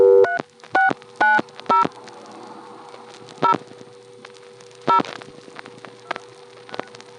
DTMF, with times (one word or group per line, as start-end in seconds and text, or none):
0.3-1.8 3690
3.4-3.5 0
4.9-5.0 0